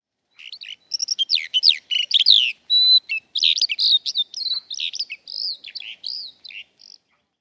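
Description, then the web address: Eurasian skylark: a rapid stream of high, varied chirps, trills and slurred whistles with only brief breaks for about six and a half seconds, on an otherwise silent background. "Deverinetal"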